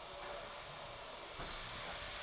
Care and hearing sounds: daily activity, microphone in the room; vacuum cleaning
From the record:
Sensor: 5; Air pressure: 1012.0 hPa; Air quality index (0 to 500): 247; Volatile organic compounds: 5 ppm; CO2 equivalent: 1706 ppm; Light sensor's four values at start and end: 36/84/34/35 and 36/84/34/35

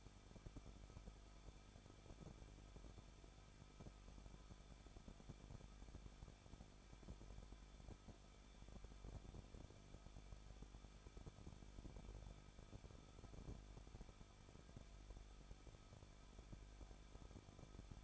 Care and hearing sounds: daily activity, microphone in the room; no activity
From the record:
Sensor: 5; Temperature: 20.8 degrees Celsius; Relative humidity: 38.5%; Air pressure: 1006.5 hPa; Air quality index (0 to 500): 191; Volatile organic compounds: 20 ppm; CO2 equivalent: 2696 ppm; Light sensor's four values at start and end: 2/3/1/1 and 2/3/1/1

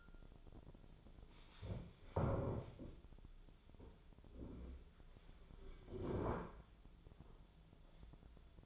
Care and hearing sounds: daily activity, microphone in the room; stand up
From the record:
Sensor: 5

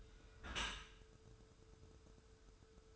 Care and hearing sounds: daily activity, microphone in the room; close dishwasher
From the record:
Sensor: 2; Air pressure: 1014.8 hPa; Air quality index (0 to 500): 27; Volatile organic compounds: 1 ppm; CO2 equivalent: 515 ppm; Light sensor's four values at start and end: 10/23/9/10 and 10/23/9/9

